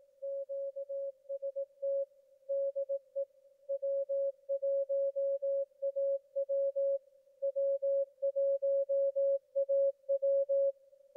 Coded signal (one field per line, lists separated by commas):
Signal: Morse code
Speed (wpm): 18 wpm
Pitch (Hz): 550 Hz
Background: none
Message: QST DE W1AW W1AW